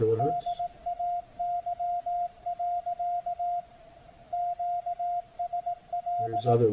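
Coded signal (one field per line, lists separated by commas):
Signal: Morse code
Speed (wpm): 18 wpm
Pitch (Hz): 700 Hz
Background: speech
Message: DAY. QSL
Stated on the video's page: CW received on 7047.505 kHz with an SDRplay RSPdx receiver.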